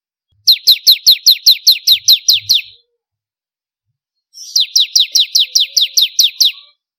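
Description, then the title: Prinia song: two bursts of about nine or ten clear, sharply downslurred high notes, fast and evenly spaced, with a quiet pause between. "Kicau Ciblek Kristal"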